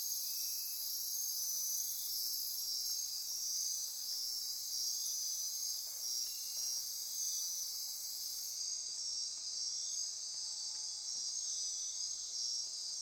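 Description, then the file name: Insects chorusing in a steady high-pitched buzz and trill; one of the highest layers drops out partway, leaving the rest continuing unchanged. Insect chorus recorded at midnight near Corcovado. "Wind-is-the-Original-Radio-Fridays 20240628 Andy-Martin Midnight-Insect-Chorus-Near-Corcovado"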